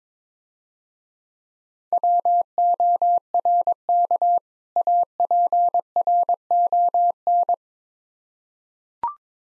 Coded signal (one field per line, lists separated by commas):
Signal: Morse code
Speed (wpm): 22 wpm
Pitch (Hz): 700 Hz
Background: none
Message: WORK APRON